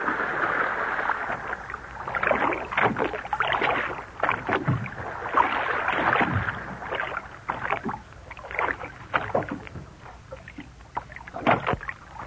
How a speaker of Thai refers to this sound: เอาละอันดูดันเรือออกจากฟังเลยคนที่เป็นชาวประมงจะพายเรือส่วนฟิลิปดูหางเสือนะ